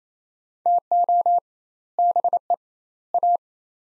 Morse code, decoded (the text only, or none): TO BE A